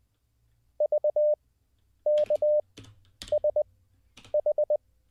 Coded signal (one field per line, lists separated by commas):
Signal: Morse code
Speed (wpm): 20 wpm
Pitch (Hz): 600 Hz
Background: none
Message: VKSH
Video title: How To Learn Morse Code LIVE with N0SSC (Day 15)